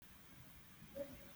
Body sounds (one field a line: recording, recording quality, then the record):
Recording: shallow breathing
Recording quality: poor, much background noise or distortion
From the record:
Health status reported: healthy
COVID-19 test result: not tested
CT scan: not taken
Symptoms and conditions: none ticked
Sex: female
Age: 34 years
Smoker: no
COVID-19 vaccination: both doses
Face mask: worn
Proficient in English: yes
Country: United States